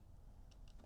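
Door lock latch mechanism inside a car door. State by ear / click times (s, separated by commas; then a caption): not seated / none. A plastic pry bar pushes the door lock latch mechanism inside the front door of a Fisker Ocean toward the left during installation of a GEN2A door handle. Over a low, steady rumble, a few faint, brief high-pitched ticks come at about 0.5, 0.7 and 0.8 seconds. The latch has not yet clicked into its locked position; nothing has seated by the end of the clip.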